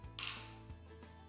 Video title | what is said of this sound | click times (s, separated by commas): Yakima LockNLoad SL Adapter Installation | with the torque wrench tighten the bottom screw until you hear the click | 0.2 s